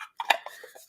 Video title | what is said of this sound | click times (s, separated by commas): A.I. Collectibles Friday Live | so you press this up against it and it kind of clicks into place right | 0.2 s, 0.3 s